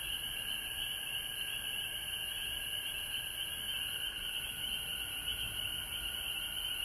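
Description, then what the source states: Frogs in steady chorus, a bright high trilling wall of sound with a lower continuous tone running beneath it. Recorded at home in Georgia on March 19, 2020.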